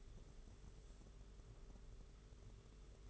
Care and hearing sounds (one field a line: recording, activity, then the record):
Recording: daily activity, microphone in the room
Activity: sweep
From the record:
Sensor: 4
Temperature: 27.1 degrees Celsius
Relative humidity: 38.3%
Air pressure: 992.2 hPa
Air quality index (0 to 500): 110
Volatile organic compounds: 18 ppm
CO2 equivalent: 2631 ppm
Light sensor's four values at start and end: 23/79/29/31 and 23/79/29/31